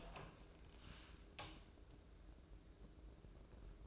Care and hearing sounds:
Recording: daily activity, microphone in the room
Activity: open door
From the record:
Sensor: 2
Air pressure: 1012.2 hPa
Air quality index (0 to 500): 160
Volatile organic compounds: 2 ppm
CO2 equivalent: 1174 ppm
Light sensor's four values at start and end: 429/1071/437/460 and 426/1064/434/457

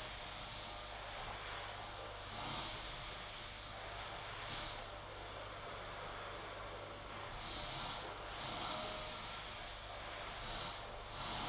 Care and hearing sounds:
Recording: daily activity, microphone in the room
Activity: vacuum cleaning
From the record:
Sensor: 5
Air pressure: 992.0 hPa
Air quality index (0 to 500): 175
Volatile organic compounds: 621 ppm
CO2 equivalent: 4959 ppm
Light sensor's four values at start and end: 30/104/38/41 and 30/103/38/40

